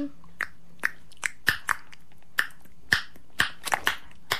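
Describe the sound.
A series of about a dozen loud, sharp tongue clicks, click consonants like those of the Xhosa language, at an uneven pace, some spaced apart and a few in quick succession near the end, with no talking.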